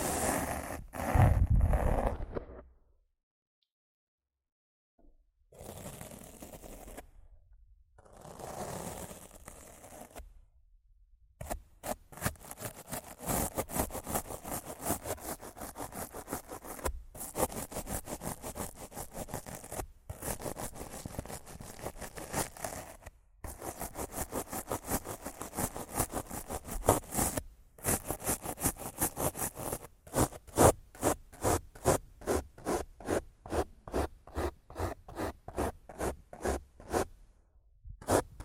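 Rough scratching and brushing on a microphone, opening with a few loud scrapes and short silent gaps in the first ten seconds. After that comes dense, fast rubbing that runs almost continuously, broken by brief pauses, turning into quick regular strokes after thirty seconds.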